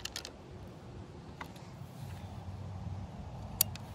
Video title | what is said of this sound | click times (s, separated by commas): 5 NEW Onewheel Pint Accessories & Gear (shot with iPhone 11) | get that satisfying click | 3.6 s